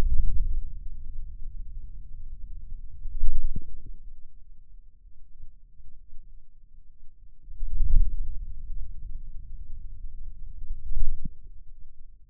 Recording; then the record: forearm muscle sounds (acoustic myography)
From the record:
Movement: wrist flexion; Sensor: system 2, bracelet of six BSWA MPA416 microphones around the upper forearm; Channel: 5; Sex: male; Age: 22 years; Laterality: right